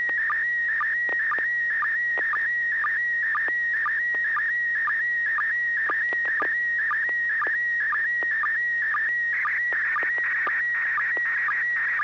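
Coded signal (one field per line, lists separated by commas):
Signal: SSTV (slow-scan television)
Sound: continuous high warbling tone with rapid short downward blips and occasional clicks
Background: low hum, FM radio noise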